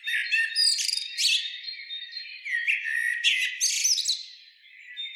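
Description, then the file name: Common blackbird, continuous scratchy twittering and warbled notes, with a faint steady high tone underneath. "Turdus merula"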